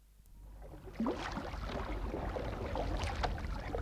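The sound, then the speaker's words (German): A light canoe is shoved with full force out into the Pantai river by a woman rising from her knees, with white fog over the water: a thump, then steady scraping and sloshing that swells and continues without any voices. “Mit aller Kraft stieß sie das leichte Boot hinaus in den Strom.”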